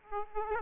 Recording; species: mosquito wingbeat signal from an infrared sensor; Aedes aegypti